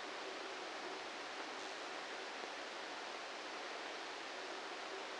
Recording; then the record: brain microelectrode recording played as sound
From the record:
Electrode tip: outside the subthalamic nucleus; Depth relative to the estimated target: -6 mm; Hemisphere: left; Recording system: NeuroSet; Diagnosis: Parkinson's disease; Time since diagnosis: 8 years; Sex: male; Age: 58 years